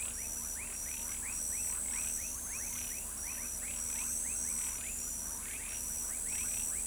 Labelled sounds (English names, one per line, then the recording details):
none
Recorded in pastures near Pivijay, Magdalena, Colombia, on 3 June 2023 at 19:00
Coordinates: 10.456, -74.369
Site P6-G026